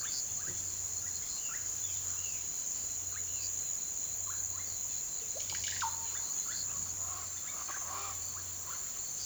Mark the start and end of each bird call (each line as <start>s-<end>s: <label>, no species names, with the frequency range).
0.00s-3.30s: bird call (1.0-2.3 kHz)
4.21s-4.67s: bird call (0.8-2.4 kHz)
5.31s-8.81s: bird call (0.5-5.4 kHz)